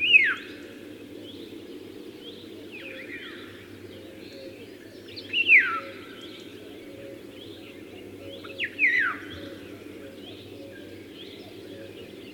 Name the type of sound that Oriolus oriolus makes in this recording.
song